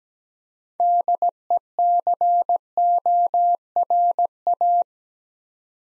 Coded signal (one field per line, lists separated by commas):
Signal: Morse code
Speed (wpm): 17 wpm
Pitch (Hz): 700 Hz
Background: none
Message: DECORA